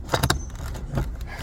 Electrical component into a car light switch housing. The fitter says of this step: Hear the click.